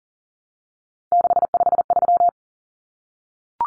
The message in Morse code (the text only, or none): 653